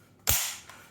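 The magazine catch on a Double Eagle UTR45 airsoft SMG, pressed harder, gives with a sharp click at 0.3 s and releases. A fainter click follows at 0.7 s.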